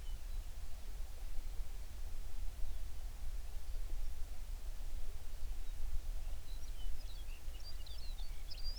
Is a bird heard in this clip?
yes